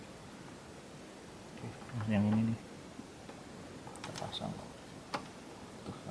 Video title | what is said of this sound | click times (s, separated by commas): Perbaiki Power Window BMW X5 E53 Rusak/Nyungsep. Problem Fixed Tanpa Perlu ke Bengkel. DIY aja! #bmw | sampai bunyi klik. Oke. | 5.2 s